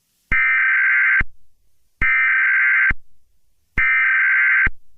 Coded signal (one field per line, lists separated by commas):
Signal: Emergency Alert System (SAME) tones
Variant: header bursts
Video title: eas scenario catemojibabyheat part 23 @KrewWasHere01 @overdrivejared